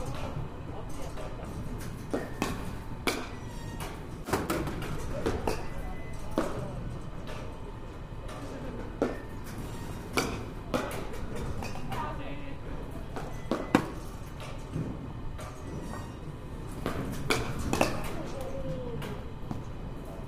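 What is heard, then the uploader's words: Batting cage sounds: sharp cracks of bat on ball ring out irregularly, every second or two, over a constant low rumble of machinery. Voices murmur throughout, and a faint steady tone hums beneath the clatter. バッティングセンターの音です. Sound of batting cage.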